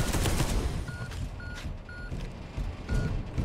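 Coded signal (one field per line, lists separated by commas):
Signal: none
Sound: game's warning beeps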